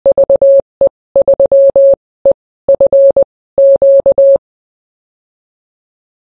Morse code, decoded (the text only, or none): VE3EFQ